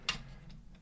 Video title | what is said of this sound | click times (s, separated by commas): Bumblebee (Movie) Power Charge Bumblebee: SoundJack's Reviews | And that all locks into place, and you have a leg done. | 0.1 s